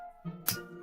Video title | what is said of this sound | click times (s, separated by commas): Three-Zero ROBO-DOU Galient Review | three clicks you still want a little bit of a gap there and you want to pull down the uh extra | 0.5 s